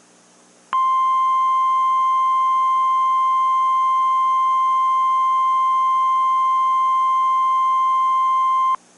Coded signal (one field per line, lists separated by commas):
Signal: Emergency Alert System (SAME) tones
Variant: 1050 Hz attention tone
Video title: EAS Scenario: Chicago Dies Redux